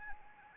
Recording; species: mosquito wingbeat signal from an infrared sensor; Anopheles arabiensis